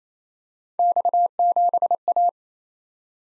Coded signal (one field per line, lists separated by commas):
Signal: Morse code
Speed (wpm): 28 wpm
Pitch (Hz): 700 Hz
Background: none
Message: X7A